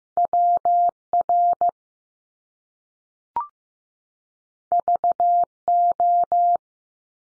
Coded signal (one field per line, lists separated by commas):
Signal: Morse code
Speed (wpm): 15 wpm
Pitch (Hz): 700 Hz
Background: none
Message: W R V O